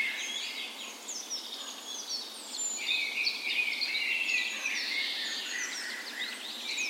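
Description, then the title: Birds: bird dawn chorus of several songbirds at once, a tangle of high whistles, warbling runs and short sweeping notes that never pause. Dawn chorus in a park west in Bergen, Norway, morning of 17 May, Norway's National Day, in spring; recorded with Sony PCM A10 and LOM Usi microphones as tree ears. "17th Of May Dawn Chorus"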